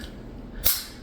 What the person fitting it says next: So his tail, once it plugs in, you hear that snap.